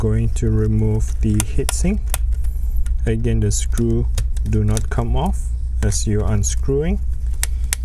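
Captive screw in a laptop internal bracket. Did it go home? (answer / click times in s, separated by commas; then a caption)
released / 7.4 s, 7.7 s. A captive screw holding a component on an internal bracket inside an MSI MS-16S1 laptop is loosened while someone talks; the screw stays in place and does not come out. Sharp small clicks at 7.4 s and 7.7 s mark the screw backing out as far as it can go, reaching its limit and releasing the component.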